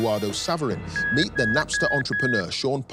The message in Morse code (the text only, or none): none